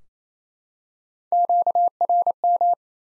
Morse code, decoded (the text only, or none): QRM